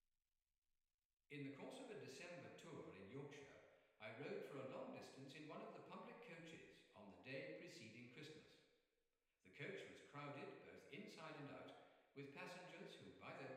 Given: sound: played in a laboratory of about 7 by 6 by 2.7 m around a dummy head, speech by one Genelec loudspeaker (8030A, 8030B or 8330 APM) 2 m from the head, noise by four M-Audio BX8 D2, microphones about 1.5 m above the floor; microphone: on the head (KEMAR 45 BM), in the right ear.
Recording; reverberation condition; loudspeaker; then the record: male speech in English; high; in front (0 degrees)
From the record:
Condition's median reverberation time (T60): about 1300 ms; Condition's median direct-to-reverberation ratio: about -4.0 dB